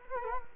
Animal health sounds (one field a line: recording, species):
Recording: mosquito wingbeat signal from an infrared sensor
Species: Culex quinquefasciatus